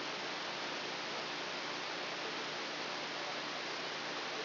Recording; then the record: brain microelectrode recording played as sound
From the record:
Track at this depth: inside the subthalamic nucleus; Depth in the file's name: 2.311 mm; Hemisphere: left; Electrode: 2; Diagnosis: Parkinson's disease